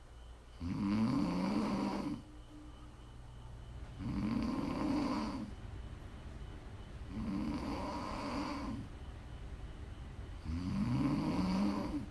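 Four loud, low, rumbling snores with a fluttering buzz come at a steady pace of about 20 per minute, each lasting roughly a second and a half. Quieter breathing fills the pauses between them. This is ordinary sleep snoring.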